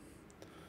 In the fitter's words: you can do the first one and it lays in there and then you do the second one and snaps right in